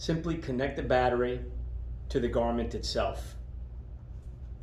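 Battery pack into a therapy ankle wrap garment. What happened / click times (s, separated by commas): A battery pack is being handled but has not yet clicked into place / none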